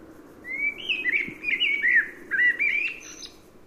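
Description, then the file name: Common blackbird singing a rich, mellow, whistled phrase with rolling notes that climbs into a brief thin twitter at the end. "Turdus merula"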